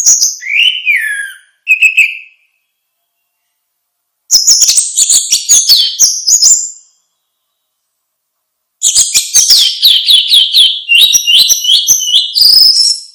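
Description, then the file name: Orange-headed thrush singing in three long bursts of rapid, jumbled high chips and whistles, separated by silent gaps of about two seconds. "suara kicau burung anis merah"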